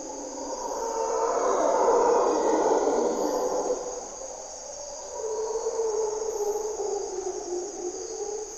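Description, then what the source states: Mantled howler monkeys roar in two broad, rumbling swells, one early and one late, with a constant high-pitched insect drone behind them. Mantled howler monkeys (Monos Congos) waking the jungle at morning twilight in Parque Nacional Corcovado, Osa Peninsula, Costa Rica; distinctive grunts and calls.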